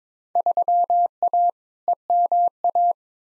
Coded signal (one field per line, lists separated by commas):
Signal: Morse code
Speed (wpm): 22 wpm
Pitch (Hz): 700 Hz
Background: none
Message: 3A EMA